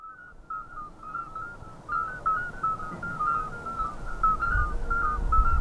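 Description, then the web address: Common midwife toad chorus of soft, clear piping notes, several toads calling in overlapping sequence, with low background rumble. "jurapark. Geburtshelferkröte Chor"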